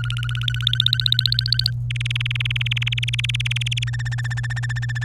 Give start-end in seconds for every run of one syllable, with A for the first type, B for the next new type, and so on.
0.00-1.71 A, 1.90-3.84 B, 3.87-5.05 C